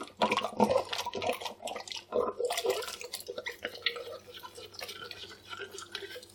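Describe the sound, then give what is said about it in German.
Water splashes and sloshes irregularly as a glass is rinsed, with short gurgling bursts and a steady running-water hiss underneath, moderately loud throughout. “Und ausspülen.”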